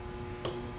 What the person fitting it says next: snaps into place